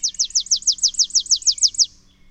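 Bird song: a fast, evenly spaced series of many high, thin, downslurred notes, ending abruptly.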